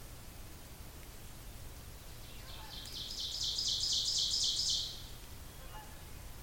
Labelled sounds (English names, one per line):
Ovenbird song